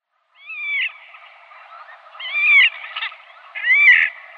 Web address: Schulze Peter Slavonian Grebe calls